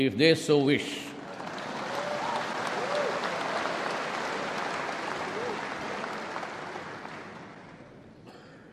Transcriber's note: applause